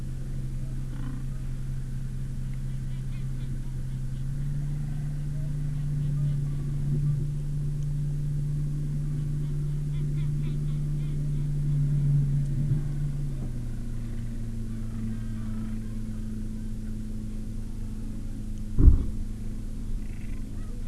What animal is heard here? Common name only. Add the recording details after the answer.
Gentoo Penguin. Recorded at the colony at Cuverville Island, Antarctica, on 15 December 2015. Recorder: Song Meter SM2+